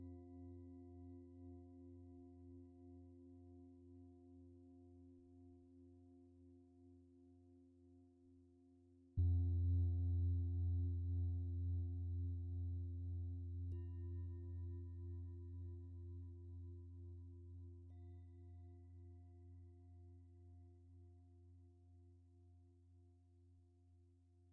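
A Tibetan singing bowl rings with a deep, steady tone and a few higher overtones, slowly fading with a gentle pulsing waver. Around nine seconds it is struck again, jumping loud with a rich low body, then decaying slowly through the rest.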